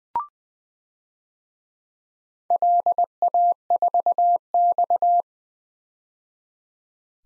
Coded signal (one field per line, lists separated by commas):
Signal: Morse code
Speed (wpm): 20 wpm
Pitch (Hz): 700 Hz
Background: none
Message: LA4X